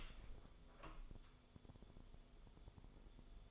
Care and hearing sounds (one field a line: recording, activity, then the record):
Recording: daily activity, microphone in the room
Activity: open door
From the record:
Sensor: 5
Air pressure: 1015.3 hPa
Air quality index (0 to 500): 210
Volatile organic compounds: 11 ppm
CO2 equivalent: 2280 ppm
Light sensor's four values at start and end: 35/80/32/31 and 35/80/32/31